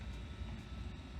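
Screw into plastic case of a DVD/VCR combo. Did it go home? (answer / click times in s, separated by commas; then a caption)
no / none. A screw is turned backwards in a plastic housing hole on the case of an Apex ADV-3800 DVD/VCR combo, to find the existing plastic thread. Only a steady low rumbling hum is heard, with no distinct sharp sounds. Nothing has seated or clicked yet.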